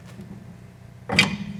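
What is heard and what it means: During a full brake service on a 1973 VW Super Beetle, a metal retaining clip in its brake-line mount is levered with a screwdriver until it pops free with a sharp snap at 1.2 s. A low steady hum runs underneath, and the clip comes out, released.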